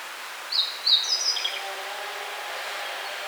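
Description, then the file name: Yellow bunting song, a short high phrase of thin buzzy notes and brief trills lasting about one second, over steady background hiss. "Emberiza sulphurata"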